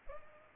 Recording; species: mosquito wingbeat signal from an infrared sensor; Culex pipiens